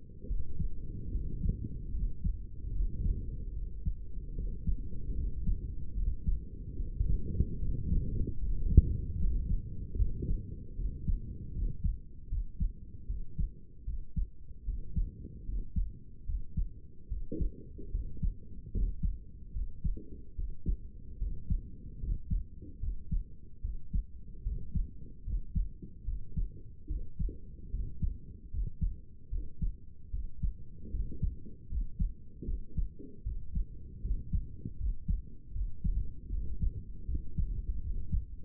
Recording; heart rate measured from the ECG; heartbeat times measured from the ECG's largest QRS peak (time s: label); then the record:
heart sounds by stethoscope; 75 bpm
0.27 s: heartbeat
1.12 s: heartbeat
1.93 s: heartbeat
2.72 s: heartbeat
3.53 s: heartbeat
4.35 s: heartbeat
5.15 s: heartbeat
5.94 s: heartbeat
6.76 s: heartbeat
7.59 s: heartbeat
8.39 s: heartbeat
9.17 s: heartbeat
9.97 s: heartbeat
10.76 s: heartbeat
11.53 s: heartbeat
12.29 s: heartbeat
13.07 s: heartbeat
13.85 s: heartbeat
14.65 s: heartbeat
15.45 s: heartbeat
16.26 s: heartbeat
17.08 s: heartbeat
17.91 s: heartbeat
18.72 s: heartbeat
19.53 s: heartbeat
20.35 s: heartbeat
21.18 s: heartbeat
22.00 s: heartbeat
22.80 s: heartbeat
23.61 s: heartbeat
24.43 s: heartbeat
25.24 s: heartbeat
26.05 s: heartbeat
26.87 s: heartbeat
27.71 s: heartbeat
28.50 s: heartbeat
29.30 s: heartbeat
30.11 s: heartbeat
30.91 s: heartbeat
31.69 s: heartbeat
32.45 s: heartbeat
33.23 s: heartbeat
34.02 s: heartbeat
34.77 s: heartbeat
35.53 s: heartbeat
36.30 s: heartbeat
37.06 s: heartbeat
37.81 s: heartbeat
From the record:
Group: healthy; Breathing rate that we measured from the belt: 18 breaths a minute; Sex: male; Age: 35 years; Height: 180 cm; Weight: 86.9 kg